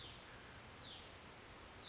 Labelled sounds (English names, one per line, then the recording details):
Hutton's Vireo
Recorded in Sonoma County, California